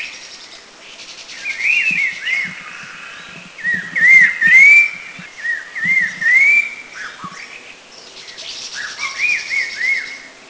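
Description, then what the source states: Red-faced liocichla giving loud whistled calls, short arched notes in quick bursts separated by pauses. Recorded in Thailand.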